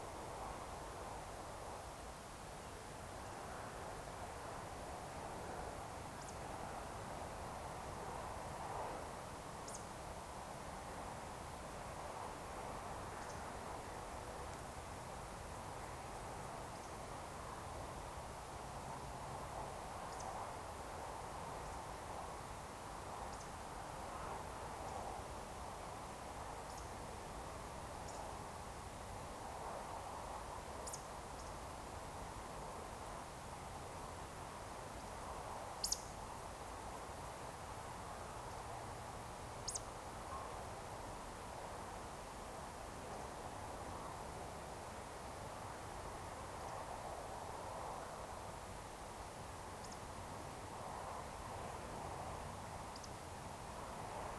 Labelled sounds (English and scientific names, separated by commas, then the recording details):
Eurasian Woodcock (Scolopax rusticola)
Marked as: woodcock, woodcock
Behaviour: display flight
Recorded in Baden-Württemberg, Germany, on 29 June 2020 at 20:16 UTC
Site 43791, 788 m above sea level